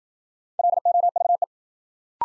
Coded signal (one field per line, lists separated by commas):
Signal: Morse code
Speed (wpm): 53 wpm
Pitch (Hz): 700 Hz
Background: none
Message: LOVE